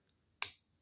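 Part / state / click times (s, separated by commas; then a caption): main blade snapping against the backspring of a slip-joint pocketknife / seated / 0.4 s. The main blade of a stainless steel Case Stockman Sowbelly #39 pattern (6339) slip-joint pocketknife is worked against its good, strong backspring. After a quiet lead-in, a single sharp, bright click at 0.4 s rings briefly and fades within about a tenth of a second. The blade snaps firmly into place.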